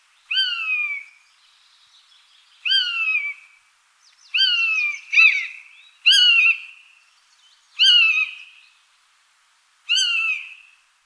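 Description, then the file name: Common buzzard giving seven loud, high, down-slurred mewing calls, each about half a second long, at irregular intervals. "Golosa ptic - Kanyuk obyknovennyj Buteo buteo"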